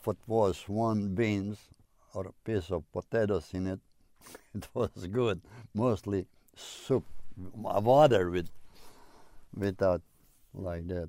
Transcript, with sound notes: If it was warm beans or piece of potatoes in it, (he laughs) it was good. Mostly soup, water with uh, like that.